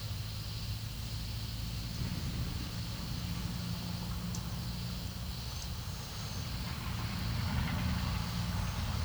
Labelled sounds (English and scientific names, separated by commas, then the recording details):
none
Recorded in pastures near Puerto Asís, Putumayo, Colombia, on 4 March 2025 at 13:30
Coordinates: 0.497, -76.327
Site G072